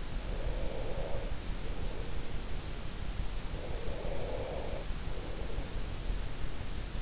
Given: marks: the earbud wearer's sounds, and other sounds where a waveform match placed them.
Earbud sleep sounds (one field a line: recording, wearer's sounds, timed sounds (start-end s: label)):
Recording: sounds in sleep by an in-ear microphone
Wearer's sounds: breath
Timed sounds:
0.20-2.66 s: breath
3.54-5.98 s: breath